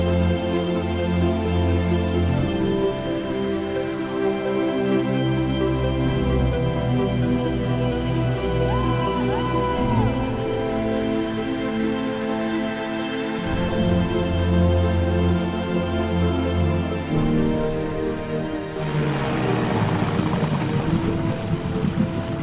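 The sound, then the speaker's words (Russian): A motorboat speeds across open sea, its engine droning loudly and steadily while spray and rushing water hiss throughout, with a brief shift in the motor's pitch near the end. “Лодка мчит по бескрайней морской глади.”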